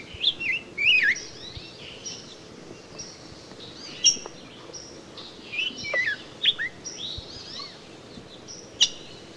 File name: Rose-breasted Grosbeak